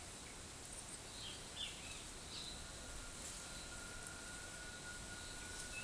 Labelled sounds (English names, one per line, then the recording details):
none
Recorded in forest near Pivijay, Magdalena, Colombia, on 18 April 2023 at 13:00
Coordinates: 10.467, -74.380
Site Z5-G034